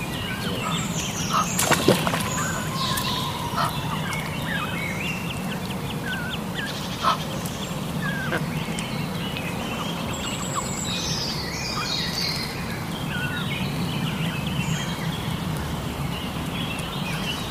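A soundwalk at Ludwigsteich near Roßdorf: steady low rumble beneath frequent bird chirps and calls, with a few sharp clicks around two and seven seconds.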